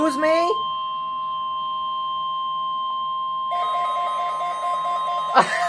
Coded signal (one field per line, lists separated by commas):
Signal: Emergency Alert System (SAME) tones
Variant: 1050 Hz attention tone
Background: speech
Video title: Glitched Weekly Test on the mains (EAS #992 - 995)